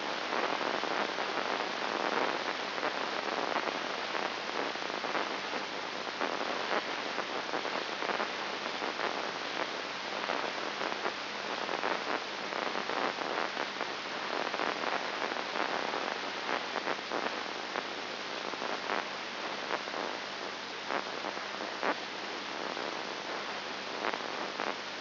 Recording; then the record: brain microelectrode recording played as sound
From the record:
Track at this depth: inside the subthalamic nucleus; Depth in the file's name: 4.101 mm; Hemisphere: left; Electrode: 2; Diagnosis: Parkinson's disease